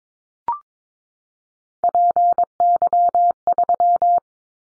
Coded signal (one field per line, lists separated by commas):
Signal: Morse code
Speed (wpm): 22 wpm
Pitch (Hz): 700 Hz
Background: none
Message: PY3